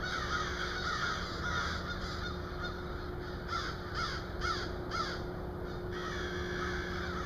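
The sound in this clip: Crow caws, a run of harsh calls in the middle and latter part, over constant background hum.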